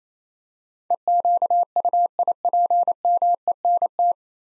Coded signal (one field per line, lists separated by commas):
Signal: Morse code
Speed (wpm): 27 wpm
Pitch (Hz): 700 Hz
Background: none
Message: EQUIPMENT